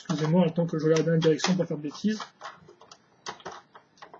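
A plastic Mega Bloks construction piece is handled and pressed onto a dragon model assembly while someone talks. After the talking, several small ticks are heard, but nothing has seated or clicked yet when the clip ends.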